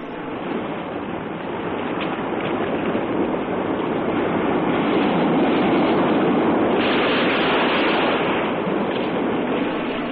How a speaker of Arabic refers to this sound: تسمعون جيدا حالة الموج هذا